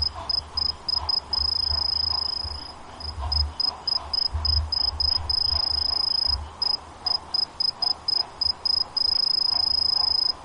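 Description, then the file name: Golden lark cricket song: a high, thin metallic tone in quick pulsed bursts that run into longer steady trills, with a faint low rumble beneath. "kinhibarinakigoe"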